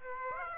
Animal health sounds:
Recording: mosquito wingbeat signal from an infrared sensor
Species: Aedes aegypti

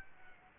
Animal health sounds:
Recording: mosquito wingbeat signal from an infrared sensor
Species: Aedes aegypti

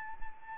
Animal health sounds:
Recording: mosquito wingbeat signal from an infrared sensor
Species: Anopheles arabiensis

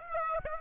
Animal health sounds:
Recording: mosquito wingbeat signal from an infrared sensor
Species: Aedes aegypti

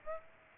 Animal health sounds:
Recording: mosquito wingbeat signal from an infrared sensor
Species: Aedes aegypti

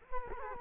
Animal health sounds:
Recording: mosquito wingbeat signal from an infrared sensor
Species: Culex quinquefasciatus

